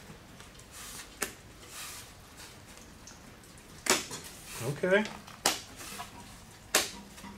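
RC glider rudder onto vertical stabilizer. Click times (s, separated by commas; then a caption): 5.5 s, 6.8 s. The foam rudder of an FMS ASW-17 RC motor glider is pushed onto the vertical fin, where it is designed to snap into place. Someone talks, then two sharp snaps ring out at 5.5 s and 6.8 s. The rudder is seated on the fin, and it went on easily.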